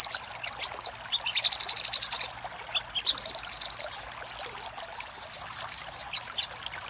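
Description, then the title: Little spiderhunter song: dense, high-pitched chattering of quick sharp notes, slurring in places, then a long regular run of strong clipped chips toward the end. Song used for training caged songbirds (masteran). "Masteran Burung Sogok Ontong Labaik"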